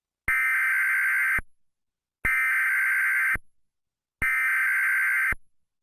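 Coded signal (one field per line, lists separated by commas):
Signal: Emergency Alert System (SAME) tones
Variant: header bursts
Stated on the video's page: Fictional simulated alert from a local government, interrupting a local forecast.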